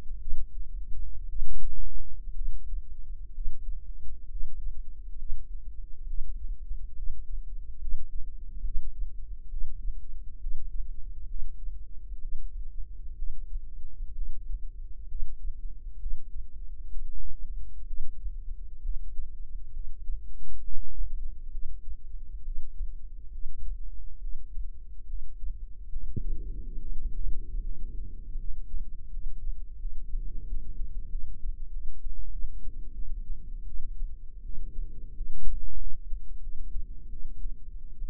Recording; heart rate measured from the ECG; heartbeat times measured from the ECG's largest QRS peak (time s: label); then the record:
heart sounds by microphone in the right ear; 71 bpm
0.21 s: heartbeat
1.28 s: heartbeat
2.34 s: heartbeat
3.33 s: heartbeat
4.28 s: heartbeat
5.17 s: heartbeat
6.06 s: heartbeat
6.94 s: heartbeat
7.79 s: heartbeat
8.62 s: heartbeat
9.49 s: heartbeat
10.39 s: heartbeat
11.27 s: heartbeat
12.20 s: heartbeat
13.15 s: heartbeat
14.13 s: heartbeat
15.07 s: heartbeat
15.98 s: heartbeat
16.89 s: heartbeat
17.85 s: heartbeat
18.81 s: heartbeat
19.72 s: heartbeat
20.61 s: heartbeat
21.50 s: heartbeat
22.43 s: heartbeat
23.30 s: heartbeat
24.19 s: heartbeat
25.06 s: heartbeat
25.88 s: heartbeat
26.77 s: heartbeat
27.61 s: heartbeat
28.36 s: heartbeat
29.09 s: heartbeat
29.78 s: heartbeat
30.45 s: heartbeat
31.08 s: heartbeat
31.70 s: heartbeat
32.30 s: heartbeat
32.93 s: heartbeat
33.65 s: heartbeat
34.42 s: heartbeat
35.14 s: heartbeat
35.77 s: heartbeat
36.40 s: heartbeat
37.09 s: heartbeat
37.99 s: heartbeat
From the record:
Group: healthy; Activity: breath hold 0-25 s, rest 25-38 s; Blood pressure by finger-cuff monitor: 107/67 mmHg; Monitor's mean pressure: 81 mmHg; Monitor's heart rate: 68 bpm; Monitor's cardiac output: 6.1 L/min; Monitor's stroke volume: 88 mL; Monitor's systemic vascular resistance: 910 dyn s/cm5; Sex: female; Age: 22 years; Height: 157 cm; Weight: 47.6 kg